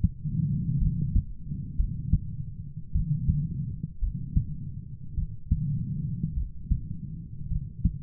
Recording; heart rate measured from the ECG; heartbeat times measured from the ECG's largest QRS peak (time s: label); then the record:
heart sounds by stethoscope; 54 bpm
0.77 s: heartbeat
1.75 s: heartbeat
2.91 s: heartbeat
3.98 s: heartbeat
5.14 s: heartbeat
6.33 s: heartbeat
7.47 s: heartbeat
From the record:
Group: heart failure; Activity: rest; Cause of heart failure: dilated cardiomyopathy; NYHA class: 3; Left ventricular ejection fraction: 27%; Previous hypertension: present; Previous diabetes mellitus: present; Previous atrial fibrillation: present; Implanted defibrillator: present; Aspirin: present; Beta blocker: bisoprolol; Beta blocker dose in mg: 1.25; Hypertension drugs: sacubitril-valsartan, spironolactone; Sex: female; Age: 39 years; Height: 170 cm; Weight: 64 kg